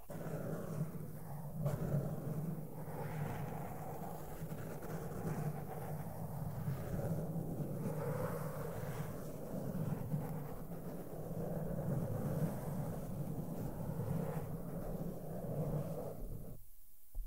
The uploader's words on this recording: ASMR SOFT SOUNDS WITH MAKEUP BRUSHES ON MIC AND MICROPHONE TOUCHING.